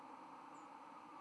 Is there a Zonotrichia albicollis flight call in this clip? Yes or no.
no